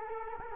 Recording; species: mosquito wingbeat signal from an infrared sensor; Culex quinquefasciatus